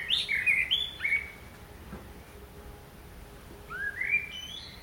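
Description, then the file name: Common blackbird phrase of mellow descending whistles, a pause, then a rising fluty phrase. "Turdus merula"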